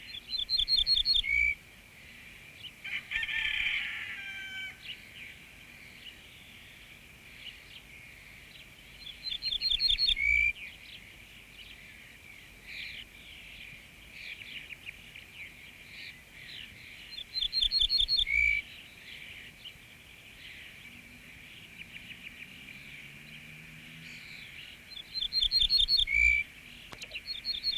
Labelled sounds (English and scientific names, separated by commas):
Ortolan Bunting (Emberiza hortulana) song